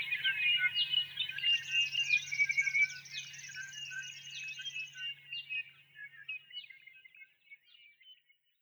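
Tawny-crowned Honeyeater chattering, busy squeaky notes and thin high trills that thin out and fade away toward the end.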